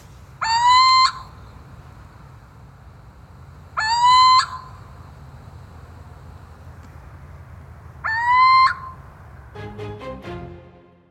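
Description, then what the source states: Little owl territorial call: three rising, mewing hoots roughly every four seconds. Male's territorial call, described as very typical; mainly heard somewhat later, in the new year.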